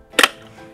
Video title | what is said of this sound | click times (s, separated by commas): BabyStyle Oyster 3 2022 Review | just load it carefully onto the adapters and push down until you hear an audible click | 0.2 s